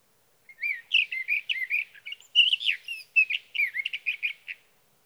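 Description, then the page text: Sage thrasher song, a long continuous stream of quick warbled and chattering notes, bright and varied in pitch, running without a break for about four seconds. Male singing through the night near his night roost, over three nights from June 12 to June 15, 2018, Sierra Valley, California; Swift recorder. "Sage thrasher songs, through the night. from the evening of June 12 to the morning of June 15, 2018, in Sierra Valley, California"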